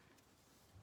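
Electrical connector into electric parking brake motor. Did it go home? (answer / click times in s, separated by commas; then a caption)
no / none. An electrical connector is being handled as it goes back into the electric parking brake motor on the rear brake caliper of a BMW X3 F25. Only a steady low background hum with faint rustling is heard, and nothing has seated or clicked yet.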